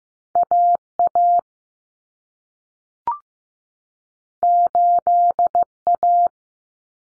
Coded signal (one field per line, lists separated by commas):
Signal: Morse code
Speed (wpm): 15 wpm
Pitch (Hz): 700 Hz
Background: none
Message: AA 8A